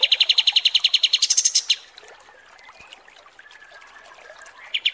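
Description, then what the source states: Pied triller trilling: quick repeated chips rising into a higher burst, then a long quiet stretch before the trill resumes at the end. Masteran training song (kapas tembak) for songbirds.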